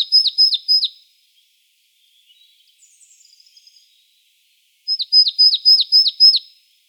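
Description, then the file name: Marsh tit giving four crisp high downslurred notes, a soft twittering interlude, then a rapid evenly spaced run of six more. "Poecile palustris"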